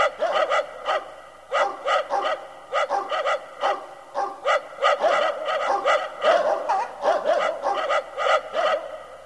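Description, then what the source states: Dog barking in rapid bursts, short sharp barks repeated two to three times a second with brief pauses between runs. Different dog barks.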